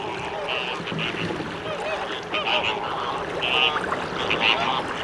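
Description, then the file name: American flamingos calling in a crowd, nasal honks with higher squeaky notes over constant background chatter. "Utrennie golosa - Krasnyj flamingo flamingo"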